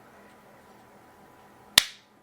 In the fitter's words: okay there it is it snapped right in y'all heard it snap